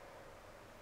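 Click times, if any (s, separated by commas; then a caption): none. A plastic armor piece is handled against the mount on a toy motorbike, its square lined up with the square on the bike, under a steady broadband hiss with no distinct impacts. Nothing has seated or clicked yet.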